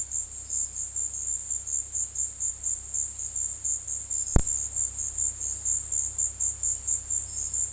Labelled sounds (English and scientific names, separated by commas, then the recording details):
none
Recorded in dense forest near Puerto Asís, Putumayo, Colombia, on 19 February 2024 at 17:00
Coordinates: 0.485, -76.322
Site G6406